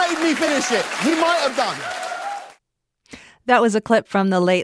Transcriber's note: applause